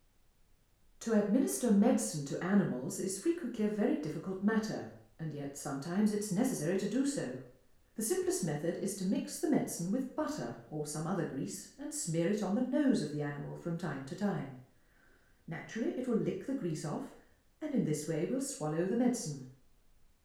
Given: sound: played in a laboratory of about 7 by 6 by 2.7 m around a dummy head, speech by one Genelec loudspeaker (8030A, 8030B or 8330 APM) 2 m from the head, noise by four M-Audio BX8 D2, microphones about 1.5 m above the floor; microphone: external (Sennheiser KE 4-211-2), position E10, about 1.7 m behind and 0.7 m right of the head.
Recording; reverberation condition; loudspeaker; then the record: female speech in English; medium; 150 degrees to the left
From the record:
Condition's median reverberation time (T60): about 510 ms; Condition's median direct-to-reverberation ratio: about -0.5 dB